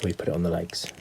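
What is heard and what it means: Someone talks while handling a plastic part of a custom astromech droid action figure, which must click under the body latch before the body goes on the legs. Nothing has seated or clicked yet.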